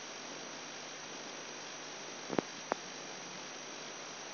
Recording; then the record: brain microelectrode recording played as sound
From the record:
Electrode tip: outside the subthalamic nucleus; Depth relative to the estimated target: 4 mm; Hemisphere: right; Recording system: AlphaMap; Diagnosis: Parkinson's disease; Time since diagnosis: 10 years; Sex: male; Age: 58 years